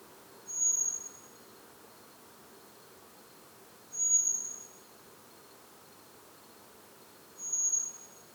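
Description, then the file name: Common blackbird calls: three fine, high, even-pitched 'seee' whistles spaced about three and a half seconds apart, with soft hiss behind. "Turdus merula"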